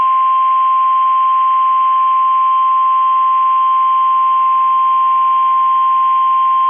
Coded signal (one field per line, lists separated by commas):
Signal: Emergency Alert System (SAME) tones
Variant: 1050 Hz attention tone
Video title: 7/24/24 - KEC65 Required Weekly Test (EAS #1113)